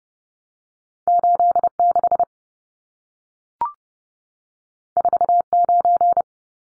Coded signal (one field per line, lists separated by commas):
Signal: Morse code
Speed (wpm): 30 wpm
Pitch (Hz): 700 Hz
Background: none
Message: 86 49